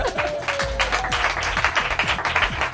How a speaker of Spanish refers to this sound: ¡Aplausos!